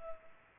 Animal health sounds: mosquito wingbeat signal from an infrared sensor; Culex pipiens

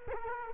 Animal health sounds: mosquito wingbeat signal from an infrared sensor; Culex quinquefasciatus

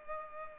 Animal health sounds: mosquito wingbeat signal from an infrared sensor; Culex pipiens

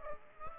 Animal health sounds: mosquito wingbeat signal from an infrared sensor; Aedes aegypti

